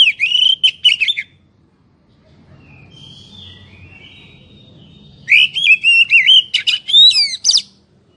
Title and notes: Kacer Jadi Gacor Siang Malam. Isian Kacer